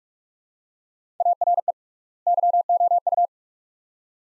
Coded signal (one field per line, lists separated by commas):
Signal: Morse code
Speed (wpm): 46 wpm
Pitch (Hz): 700 Hz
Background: none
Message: ARE YOU